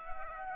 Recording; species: mosquito wingbeat signal from an infrared sensor; Aedes aegypti